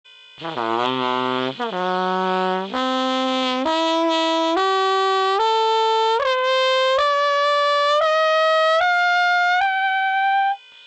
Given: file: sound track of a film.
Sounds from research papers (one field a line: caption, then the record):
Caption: Real-time MRI video of a healthy trumpet player performing a slurred 11-noste harmonic series.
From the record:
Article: Tongue involvement in embouchure dystonia: new piloting results using real-time MRI of trumpet players